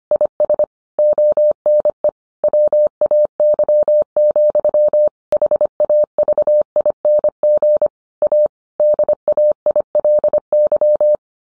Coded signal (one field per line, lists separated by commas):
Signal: Morse code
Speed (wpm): 25 wpm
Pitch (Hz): 600 Hz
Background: none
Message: IS ONE WAY, HAVING A DAILY